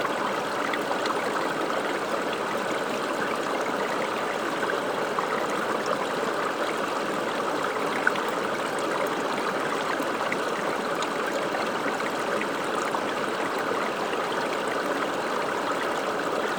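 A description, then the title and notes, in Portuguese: Water flows past the gate of the village of Limeira in a steady, dense rush that never lets up for the whole clip. The sound sits mostly in the low-middle range with a fine hissy texture on top, and no separate events break through. Som das águas que passam pela porte do Povoado da Limeira.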